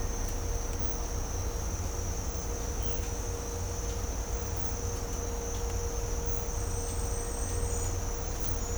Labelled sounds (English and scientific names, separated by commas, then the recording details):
none
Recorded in dense forest near Puerto Asís, Putumayo, Colombia, on 20 December 2024 at 06:30
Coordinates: 0.503, -76.323
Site G043